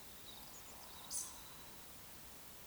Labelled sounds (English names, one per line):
Eurasian Woodcock whistle
Eurasian Woodcock croak